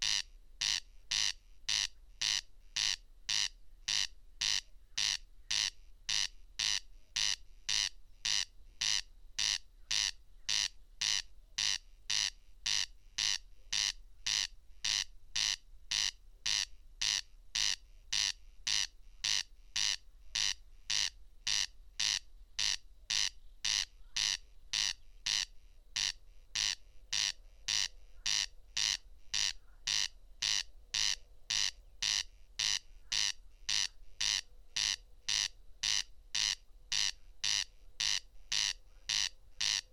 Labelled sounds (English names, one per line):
Corn Crake song